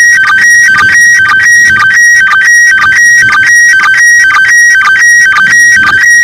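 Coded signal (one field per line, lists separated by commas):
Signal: SSTV (slow-scan television)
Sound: steady warbling two-pitch tone cycle repeating about twice a second with short rasping blips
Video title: รับสัญญาณ ARISS SSTV ริมหาดบางแสน by E25CHP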